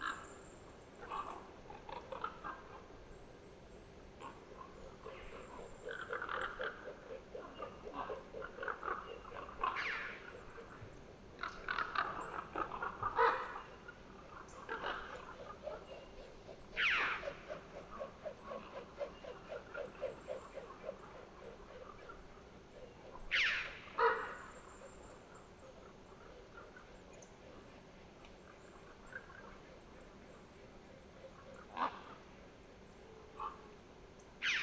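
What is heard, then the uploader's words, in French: A flock of ravens calls as it passes, with harsh croaks bunching up around 10–17 and 23–24 seconds over a steady hiss. Un vol de corbeaux. Sentier de la Sarcena - Nagra Seven - binaural - mkh8020. Une bande de 50 grands corbeaux qui filent vers leur dortoir pour la nuit. Ils crient beaucoup, virevoltent, font des cabrioles, se chamailles puis s'éloignent.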